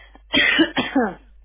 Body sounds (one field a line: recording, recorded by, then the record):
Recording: voluntary cough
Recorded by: telephone call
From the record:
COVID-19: negative